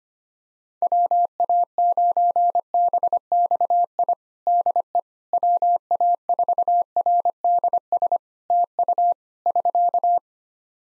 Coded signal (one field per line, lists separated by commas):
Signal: Morse code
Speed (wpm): 25 wpm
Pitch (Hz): 700 Hz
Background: none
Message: WA9BXI DE WA4RDS TU <SK>